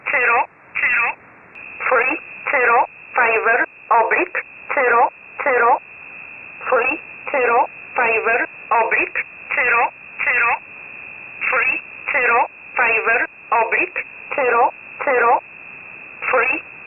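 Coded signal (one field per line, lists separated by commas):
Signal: numbers station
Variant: E11 Oblique, English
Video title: 04 06 2021 Number station E11 Oblique in English to Eu 1000 on 12153 unknown tx site in USB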